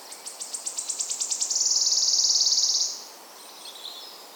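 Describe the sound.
Wood warbler song: about a dozen sharp, high notes run into a sustained, shimmering trill lasting over a second.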